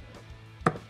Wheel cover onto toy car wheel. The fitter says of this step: you'll hear them snap that's how you know they're nice and secure